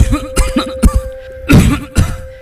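About five deep, low, partly voiced cough bursts come in quick succession over two seconds, with a faint steady hum in the background. It is an acted, persistent deep smoker's cough in an adult man that will not stop, caused by smoking beedis and cigarettes.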